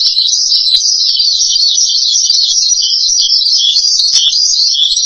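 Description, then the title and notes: Starling song: a steady, scratchy high warble of quick run-together notes. "suara burung jalak"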